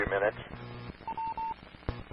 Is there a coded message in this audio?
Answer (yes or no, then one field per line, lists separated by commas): no